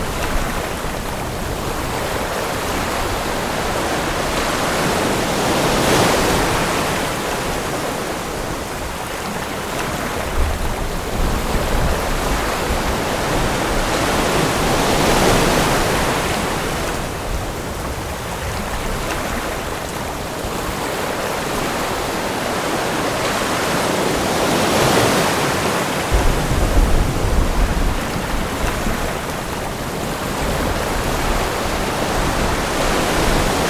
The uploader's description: The rhythmic patter of raindrops, the low rumble of thunder, and the gentle ebb and flow of ocean waves